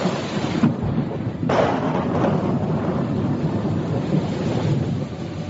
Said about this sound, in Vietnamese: Trong tiếng sấm rền đêm đen, ánh mắt U Nhược ướt đầm đìa như tu la.